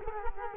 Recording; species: mosquito wingbeat signal from an infrared sensor; Culex quinquefasciatus